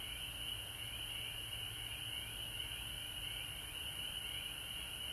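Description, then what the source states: Frogs calling in a shrill pulsing chorus, rapid repeated notes blending into a continuous trill, over steady hiss and low rumble. Recorded at home in Georgia on March 19, 2020.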